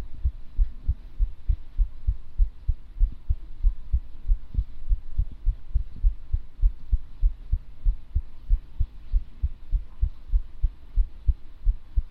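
Steady, soft, low thumps repeat throughout, heard as the paired beats of an adult woman's heartbeat, picked up close to a flat chest, roughly 100 a minute. A faint background hum sits underneath, with no other sounds.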